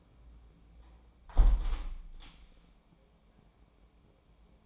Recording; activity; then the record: daily activity, microphone in the room; close window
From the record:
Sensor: 1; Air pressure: 1012.4 hPa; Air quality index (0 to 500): 168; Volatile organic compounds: 3 ppm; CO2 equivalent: 1374 ppm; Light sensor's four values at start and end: 215/492/218/239 and 212/487/215/236